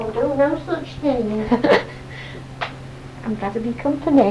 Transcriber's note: laughter